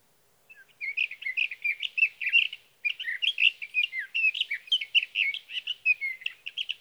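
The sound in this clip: Sage thrasher giving a long, breathless warble of quick, varied notes, pausing once briefly before resuming an equally rapid stream of chattering whistles.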